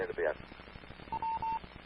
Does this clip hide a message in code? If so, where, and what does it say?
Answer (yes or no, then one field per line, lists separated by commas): no